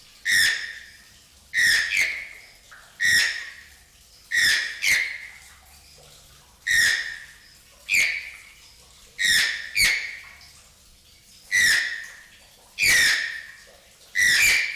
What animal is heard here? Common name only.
Channel-billed Toucan